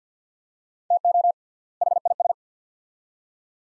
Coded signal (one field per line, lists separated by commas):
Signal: Morse code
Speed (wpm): 50 wpm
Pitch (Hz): 700 Hz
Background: none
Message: TO HIS